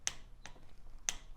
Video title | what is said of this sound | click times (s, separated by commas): Best Electric Bike Mirror (Hafny) Review & Installation Tips on Lectric XP Plus Ebike Tool Tips | that click means it's good that's the tightest it should be it won't move at that point all right and then | 0.1 s, 1.1 s